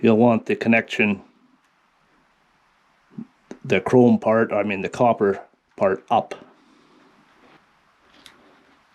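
A microSD card is held with its copper contacts facing up and lined up with the card slot of an Ameta S20 Lite beginner drone, ready to be pushed in. Someone talks over the handling, with faint brief clicks near 3.5 and 8.3 seconds. Nothing has seated or clicked yet.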